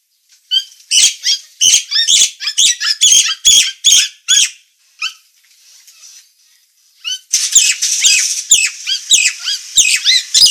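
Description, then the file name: Nias hill myna calling in rapid bursts of rasping squawks, a brief near-silent pause midway, then a dense, noisy run of calls. Indonesian name Jalak Nias; described as gacor (singing constantly) with a noisy voice. "Kicau Jalak Nias Gacor Suara Berisik"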